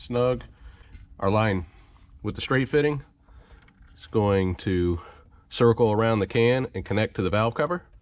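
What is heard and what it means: Someone talks while handling a J&L Oil Separator Co. 3090D catch can install on a 2020-2023 Buick Encore GX 1.3L / 2021-2023 Chevy Trailblazer 1.3, routing the oil separator hose with its straight fitting around the can toward the engine valve cover fitting. Only faint handling ticks are heard, around 3.7 s and 3.8 s. Nothing has seated or clicked yet.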